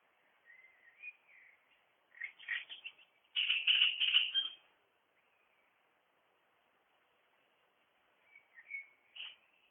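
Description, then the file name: Great reed warbler song: harsh, grating chattering phrases in bursts, loudest in the middle, with quieter phrases at the start and end. "Drosselrohrsänger"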